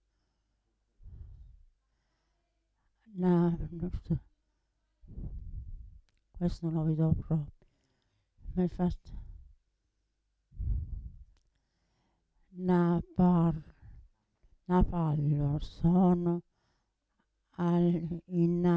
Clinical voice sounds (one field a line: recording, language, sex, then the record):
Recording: read passage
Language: Italian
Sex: female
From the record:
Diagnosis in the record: Parkinson's disease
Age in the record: 80 years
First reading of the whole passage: 169 s, 3.1 characters per second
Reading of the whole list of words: 101 s, 2.8 characters per second